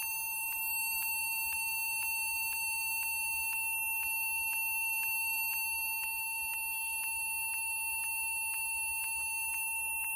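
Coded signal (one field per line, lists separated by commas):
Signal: beep code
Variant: Acer PC POST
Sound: one unbroken high-pitched electronic tone for the whole clip, with faint regular ticking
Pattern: 1 continuous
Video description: And suddenly this happens; this computer was turn on and this continuously beeping sound begin to emerge.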